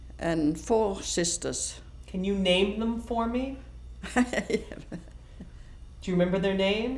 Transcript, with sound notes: and four sisters.
Can you name them for me? (she laughs) Do you remember their names?